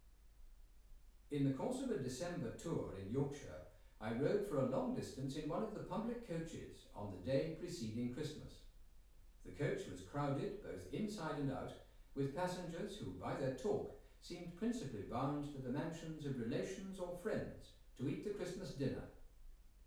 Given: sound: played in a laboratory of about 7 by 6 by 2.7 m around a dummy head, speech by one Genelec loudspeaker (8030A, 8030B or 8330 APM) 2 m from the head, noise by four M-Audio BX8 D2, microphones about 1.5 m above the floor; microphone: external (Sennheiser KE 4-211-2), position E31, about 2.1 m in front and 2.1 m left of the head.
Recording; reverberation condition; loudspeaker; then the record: male speech in English; medium; 30 degrees to the right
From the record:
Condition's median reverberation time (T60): about 510 ms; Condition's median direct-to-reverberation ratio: about -0.5 dB